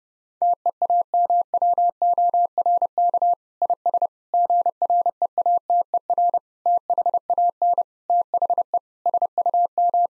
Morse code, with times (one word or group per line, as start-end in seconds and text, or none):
0.4-3.3 TEAMWORK
3.6-4.1 IS
4.3-6.4 GREATER
6.7-7.8 THAN
8.1-8.8 THE
9.1-10.1 SUM